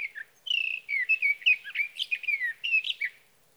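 Sage thrasher song with fast, tumbling whistled phrases and slurred warbles, high and varied, continuing for around three seconds before stopping; background otherwise quiet.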